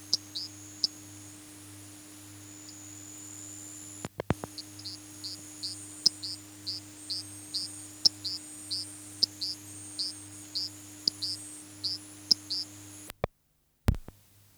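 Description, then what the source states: Frilled tree frog calling, short high clicky notes, sparse at first, then a quicker run of repeated pips, over a steady low hum. Recorded at Lawit Kelebang.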